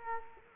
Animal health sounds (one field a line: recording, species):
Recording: mosquito wingbeat signal from an infrared sensor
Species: Culex quinquefasciatus